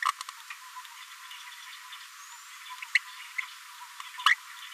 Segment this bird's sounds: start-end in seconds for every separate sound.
0.02-0.12, 2.94-2.98